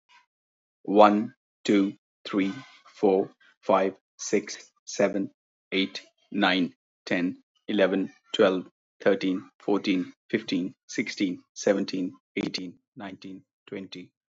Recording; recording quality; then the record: counting at a normal pace; excellent, no background noise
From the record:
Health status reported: healthy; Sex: male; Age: 34 years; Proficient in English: yes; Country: India